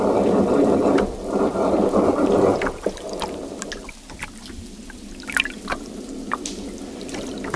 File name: Harbor Seal